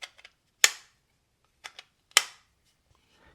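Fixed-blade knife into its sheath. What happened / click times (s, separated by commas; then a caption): The blade snapped into its sheath, twice / 0.6 s, 2.2 s. A Drop Bear fixed-blade knife is pushed into its sheath twice, with light scraping ticks before each insertion. It snaps home with a sharp, loud click at 0.6 s and again at 2.2 s, seating firmly with strong retention.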